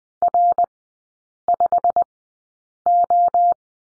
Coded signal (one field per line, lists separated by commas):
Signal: Morse code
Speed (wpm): 20 wpm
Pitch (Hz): 700 Hz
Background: none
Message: R5O